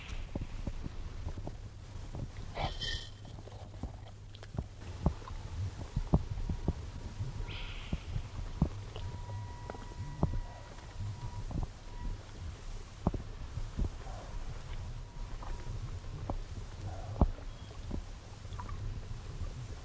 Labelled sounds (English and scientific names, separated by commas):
Spotted Crake (Porzana porzana)